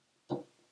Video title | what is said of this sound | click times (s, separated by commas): Rubber Strap 20 mm Test | está allí, sí, una vez que se hace un clic, ya está arreglado, así que es | 0.3 s